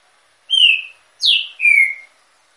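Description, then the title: Green-winged saltator singing a three-note phrase of clear whistles: a level note, a steeply descending slur, then a long gently falling whistle. Female, caged in an aviary, warming up her song. "fêmea de Trinca-ferro esquentando no viveiro"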